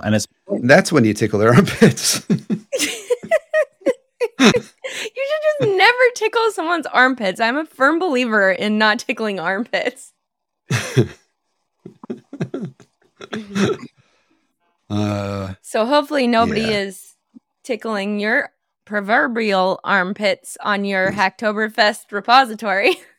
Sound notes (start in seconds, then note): 1.6 laughs; 11.9 laughs